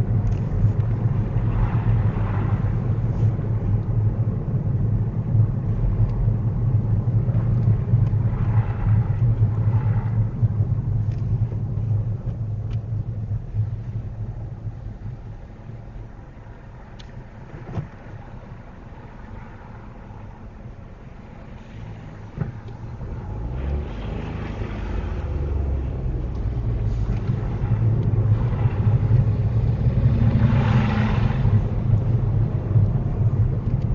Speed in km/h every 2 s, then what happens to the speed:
26, 26, 24, 21, 16, 10, 6, 0, 0, 0, 0, 0, 10, 19, 23, 26, 24.
0-14 slows to 0. 14-22 standing. 22-30 pulls away to 26.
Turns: none.